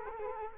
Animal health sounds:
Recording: mosquito wingbeat signal from an infrared sensor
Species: Culex quinquefasciatus

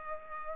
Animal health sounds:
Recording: mosquito wingbeat signal from an infrared sensor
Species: Culex pipiens

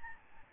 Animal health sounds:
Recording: mosquito wingbeat signal from an infrared sensor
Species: Aedes albopictus

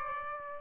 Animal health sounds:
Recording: mosquito wingbeat signal from an infrared sensor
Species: Aedes aegypti

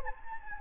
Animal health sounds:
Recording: mosquito wingbeat signal from an infrared sensor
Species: Anopheles gambiae

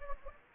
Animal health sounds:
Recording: mosquito wingbeat signal from an infrared sensor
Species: Anopheles gambiae

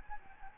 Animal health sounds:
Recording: mosquito wingbeat signal from an infrared sensor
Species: Anopheles gambiae

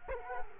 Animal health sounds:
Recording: mosquito wingbeat signal from an infrared sensor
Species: Culex quinquefasciatus

